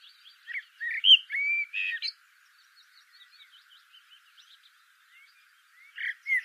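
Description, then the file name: Eurasian blackbird song: a full fluted phrase, then several seconds of faint high chirps before the song resumes. "Turdus merula"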